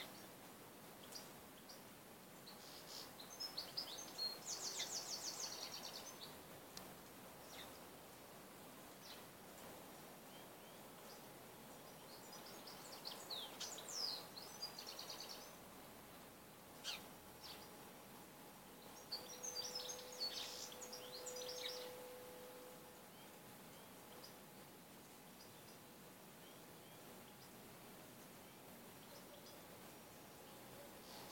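A garden at midday, with small birds chirping in short high bursts around 4–6, 14 and 20–22 seconds, then quieter. A soft, steady outdoor hush fills the background, with a faint thin tone running throughout and a brief mid-pitched whine near 21 seconds.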